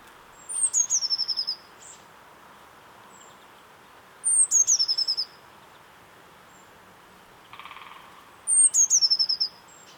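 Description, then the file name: Eurasian blue tit singing three phrases, each a thin high note dropping into a quick rattling trill, spaced about four seconds apart. "Cyanistes caeruleus"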